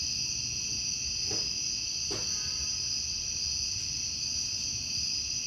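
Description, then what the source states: Cicada chorus holds a constant shrill buzz throughout, with two brief sharp knocks early on and a soft low background rumble. Outdoor recording in summer.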